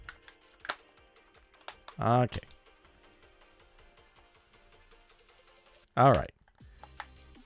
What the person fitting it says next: so then it all snaps back into place that's perfect okay